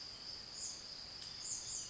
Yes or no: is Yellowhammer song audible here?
no